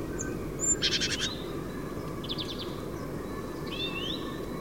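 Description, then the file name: Great tit giving two buzzy pulsed churrs followed by a rising call, over steady low background noise. "Parus major"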